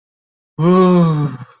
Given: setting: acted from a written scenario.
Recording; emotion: vocal sound without words; relief